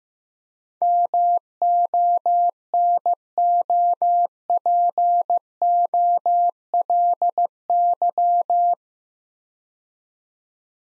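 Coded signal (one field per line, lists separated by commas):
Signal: Morse code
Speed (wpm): 15 wpm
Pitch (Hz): 700 Hz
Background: none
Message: MONOPOLY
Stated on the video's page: Morse practice drill of 8-letter words at 15 wpm; each word sent twice for head-copy.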